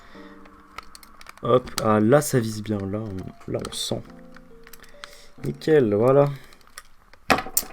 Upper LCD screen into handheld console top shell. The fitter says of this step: supérieur nickel comme on peut le voir avec taxes a fait crac ça a fait clic ça